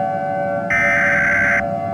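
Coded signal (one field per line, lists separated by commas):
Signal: Emergency Alert System (SAME) tones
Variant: header bursts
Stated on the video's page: Fictional EAS scenario for Independence Day, simulated, with very loud segments.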